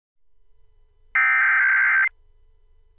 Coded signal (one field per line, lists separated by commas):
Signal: Emergency Alert System (SAME) tones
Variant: header bursts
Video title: EAS- A Day Full Of Pre-Tropical Weather Goodness